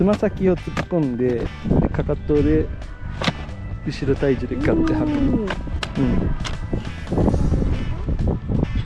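A ski boot is being handled at a ski binding, with the toe pushed in and the heel about to step down, while someone talks over background music. There are a few brief knocks, but the boot has not clicked into the binding yet.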